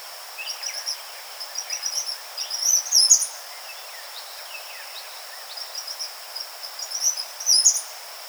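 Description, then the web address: Eastern kingbird calling, two bouts of quick sputtering high notes, each ending in a sharp buzzy burst, above a continuous high drone. Recorded 4 January 2007. "Eastern Kingbird 2007 01 04"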